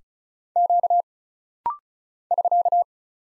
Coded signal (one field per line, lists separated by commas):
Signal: Morse code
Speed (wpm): 33 wpm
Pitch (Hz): 700 Hz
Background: none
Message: Q <SK>